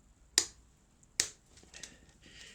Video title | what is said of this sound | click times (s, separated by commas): How to fit a new chain to a Fun Bikes XTrax Sport 125cc Quad Bike | should hear it clicking and | 0.4 s, 1.2 s